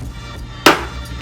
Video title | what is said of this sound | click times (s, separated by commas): Ruroc Atlas 3.0 Review | hear that snap that's it finally closed that was two hands | 0.7 s